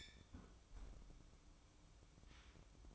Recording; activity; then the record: daily activity, microphone in the room; close fridge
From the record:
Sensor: 1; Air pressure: 1007.8 hPa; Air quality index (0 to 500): 106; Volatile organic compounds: 1 ppm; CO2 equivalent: 899 ppm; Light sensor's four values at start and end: 12/29/12/13 and 12/29/12/13